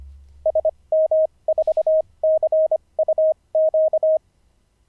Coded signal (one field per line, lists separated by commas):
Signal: Morse code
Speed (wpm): 25 wpm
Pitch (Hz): 630 Hz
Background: none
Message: SM4CUQ